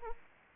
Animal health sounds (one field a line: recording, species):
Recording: mosquito wingbeat signal from an infrared sensor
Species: Anopheles arabiensis